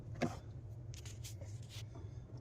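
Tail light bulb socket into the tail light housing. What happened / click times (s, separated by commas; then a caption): The bulb socket twisted and locked into the light housing / 0.9 s. A tail light bulb socket on a 2012 Honda Fit is turned clockwise into the plastic tail light housing over a low, steady hum. A short, sharp click at 0.9 s marks the socket locking into place, followed by a few light scraping and handling sounds.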